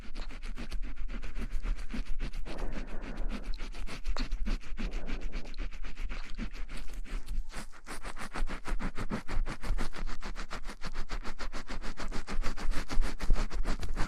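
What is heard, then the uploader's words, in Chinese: Hair is washed with shampoo, the scalp scratched quickly in a rapid, continuous rhythm of short scrubbing strokes. The wet, crackly rubbing stays dense and bright throughout, growing faster and more sharply pulsed after about eight seconds, over a steady low hum. 快速抓头皮。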